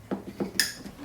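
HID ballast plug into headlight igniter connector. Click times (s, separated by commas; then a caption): 0.6 s. An HID ballast cable plug is pushed into its headlight igniter connector. Two duller knocks at about 0.1 and 0.4 seconds are followed by a sharp, loud click at 0.6 seconds as the plug seats.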